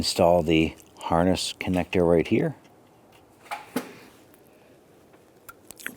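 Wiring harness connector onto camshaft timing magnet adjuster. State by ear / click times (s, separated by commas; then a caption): seated / 5.7 s, 5.9 s. Someone talks, then an electrical wiring harness connector is pushed down onto the camshaft timing magnetic adjuster of a 2015-2020 Cadillac Escalade. After a few faint handling sounds, sharp clicks come at 5.7 s and 5.9 s as the connector snaps into place and is seated.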